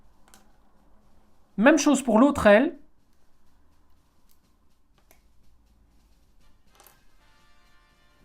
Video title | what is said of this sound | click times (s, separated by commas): Saint Seiya Myth Cloth - THE LOST CANVAS - ☄️☄️TENMA de PEGASE ☄️☄️ Mis à la RETRAITE par BANDAI !🛑 | Voilà, vous déclipsez calmement. | 0.3 s